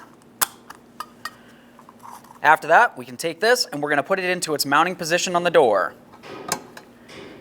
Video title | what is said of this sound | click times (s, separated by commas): How to Replace Gas Cap 2006-2012 Toyota RAV4 | just going to take this we'll turn it clockwise until you hear a click | 1.0 s, 1.2 s